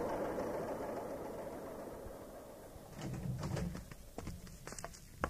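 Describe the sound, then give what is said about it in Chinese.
Low engine rumble of cargo trucks and walking tractors speeding past on a dirt road, raising dust, a steady drone that thins out into rattling, clattering knocks over the last couple of seconds. No one speaks. “803临窗而立，凝视着土公路上扬起烟尘奔驶而过的载货卡车和手扶拖拉机。”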